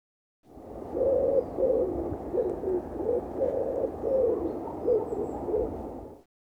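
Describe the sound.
A bird gives a series of about eight low, hollow cooing notes, evenly spaced, over a steady background hiss.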